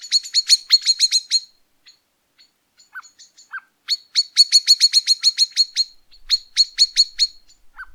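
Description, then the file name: Common blackbird giving fast, harsh rattling call series in two bursts, with a few short lower chuck notes between them and a final burst at the end. "Turdus merula"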